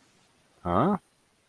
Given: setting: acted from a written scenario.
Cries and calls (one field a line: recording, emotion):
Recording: vocal sound without words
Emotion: confusion